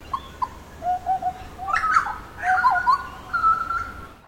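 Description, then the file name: Bird calling with a mix of short mellow whistled notes and longer slurred phrases that rise and fall, over light background hiss. Unidentified bird at Noosa. "BIRD UNKNOWN 02 NOOSA CALL"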